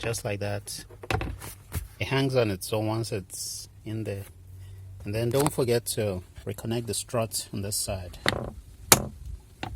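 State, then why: Seated. Someone talks while reconnecting the support strut on a glove box door to its mount. A sharp snap at 8.9 seconds marks the strut seating into place.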